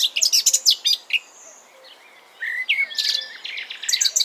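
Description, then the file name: Eurasian blackcap song: a fast, scratchy warble of varied high notes, a brief lull, then clearer whistled fluting phrases ending in more rapid twittering. "Sylvia atricapilla"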